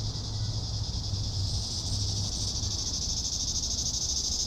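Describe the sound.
Cicadas give a continuous high hissing buzz over a low rumbling background.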